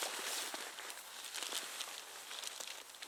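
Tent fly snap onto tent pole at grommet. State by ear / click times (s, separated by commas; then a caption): not seated / none. A plastic snap hook at the back of the fly on a Snugpak Scorpion 2 tent is handled as it is pressed toward the pole end at the grommet. Steady rustling of fabric and plastic is heard, with a few brief faint ticks. Nothing has seated or clicked yet.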